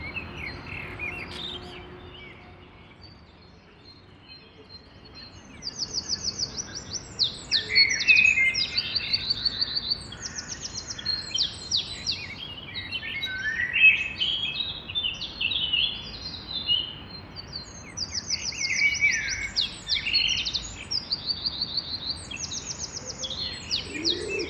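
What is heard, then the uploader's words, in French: Birds at dawn around a cathedral square chirp and twitter in dense, overlapping bursts from about five seconds on, bright, with rapid repeated trills. A low, steady rumble of the surrounding city runs underneath throughout. The first seconds are quieter, with only scattered calls. Aube à Notre-Dame de Paris. Parvis et square Notre-Dame - Binaural - Tête seinnheiser - mkh8020 -Stéréo. Oiseaux habitant le monument. Pigeon ramier, Merle noir, Fauvette à tête noire, Troglodyte mignon (dans le square).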